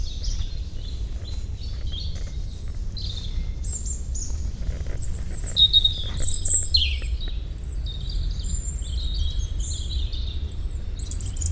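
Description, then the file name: European robin singing high, thin, varied warbling phrases in short bursts throughout, over a steady low rumble of background noise. "Erithacus rubecula"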